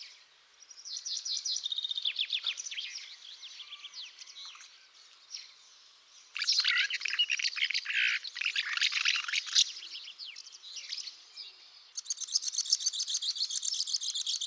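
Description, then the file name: Common house martin twittering: dry chirps and buzzy chatter in bursts, loudest between six and ten seconds, then a fast run of even ticking notes at the end. "OKNOWKA"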